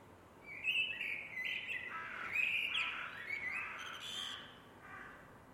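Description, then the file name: Eurasian blackbird song, a rich, continuous fluty warble of low and mid notes mixed with sharp, high squeaks, fading out near the end. "MERLES"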